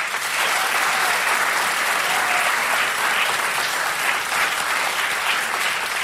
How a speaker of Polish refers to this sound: Powitajmy ich oklaskami po trójkowemu.